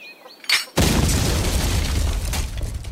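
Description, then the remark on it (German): A faint high whistle and a short crackle lead into a sudden loud blast at about three-quarters of a second as an explosive charge attached to a henhouse detonates, with a stock of dynamite stored beside it, followed by a sustained roaring, rumbling tail that stays loud to the end. “Und deswegen brachte ich jetzt einen Sprengsatz am Hühnerhaus an.”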